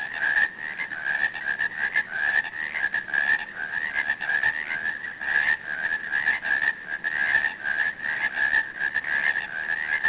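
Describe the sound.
Frog giving a continuous buzzy trill of fast pulses, slightly wavering in pitch and loudness, sustained unbroken from start to finish.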